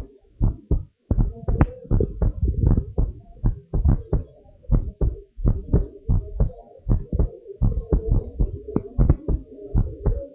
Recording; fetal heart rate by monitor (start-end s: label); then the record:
heart sounds of a pregnant woman by stethoscope
no fetal heartbeat
From the record:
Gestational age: 38 weeks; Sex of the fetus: girl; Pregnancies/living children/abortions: 2/0/1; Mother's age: 26 years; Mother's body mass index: 27.4